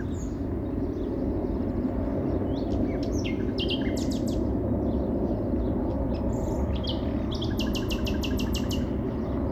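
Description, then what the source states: Birds giving sharp high chirps, ending with a rapid rattling trill, while traffic roars steadily underneath. City park ambience in spring, with cars heard alongside the birds.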